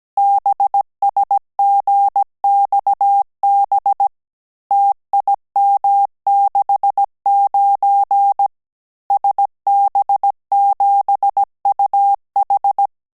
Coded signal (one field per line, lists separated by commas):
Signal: Morse code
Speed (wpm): 17 wpm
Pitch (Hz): 800 Hz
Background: none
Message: BSGXB TIM69 SB7UH